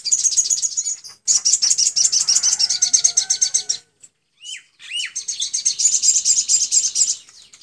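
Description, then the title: Sunbird pouring out long, shrill, rapid trills, broken by a short pause with two quick upslurred whistles before the high trilling resumes. Master training recording for caged sunbirds; song described as clear. "MASTERAN UTK SOGOK ONTONG SRIGANTI ANDA # Dengan Terapi Air Suara Jernih"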